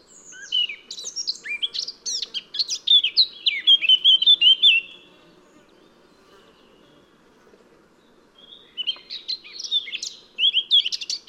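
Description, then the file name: Eurasian blackcap song in two bursts: rapid scratchy notes building into loud mellow whistles, a silent gap of about four seconds, then another chattering warbled phrase. "Sylvia atricapilla"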